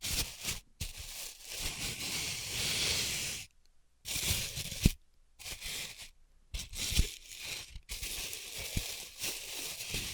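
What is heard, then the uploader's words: Floral foam crushed and crinkled in bursts of dense, bright crackling, broken by brief silences near 0.7, 3.6, 5.5, 6.5 and 7.8 seconds. Dry vs Wet Floral Foam Tapping, Cutting and Crushing.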